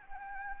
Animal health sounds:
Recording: mosquito wingbeat signal from an infrared sensor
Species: Anopheles gambiae

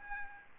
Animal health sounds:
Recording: mosquito wingbeat signal from an infrared sensor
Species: Aedes albopictus

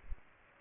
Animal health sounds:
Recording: mosquito wingbeat signal from an infrared sensor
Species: Aedes aegypti

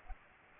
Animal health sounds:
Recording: mosquito wingbeat signal from an infrared sensor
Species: Aedes aegypti

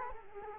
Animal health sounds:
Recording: mosquito wingbeat signal from an infrared sensor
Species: Culex quinquefasciatus

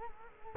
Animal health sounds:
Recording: mosquito wingbeat signal from an infrared sensor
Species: Culex quinquefasciatus

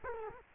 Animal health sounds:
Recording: mosquito wingbeat signal from an infrared sensor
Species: Culex quinquefasciatus

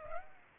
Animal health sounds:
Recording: mosquito wingbeat signal from an infrared sensor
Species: Aedes aegypti

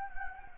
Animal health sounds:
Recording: mosquito wingbeat signal from an infrared sensor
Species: Anopheles gambiae

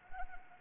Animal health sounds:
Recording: mosquito wingbeat signal from an infrared sensor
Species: Anopheles arabiensis

